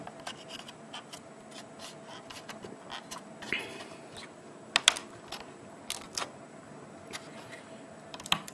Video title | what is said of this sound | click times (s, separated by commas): Samsung Plasma TV Rescue - PART 4 | Yeah, this lower connector made click sounds when I gave it a squeeze. | 4.8 s, 4.9 s, 8.3 s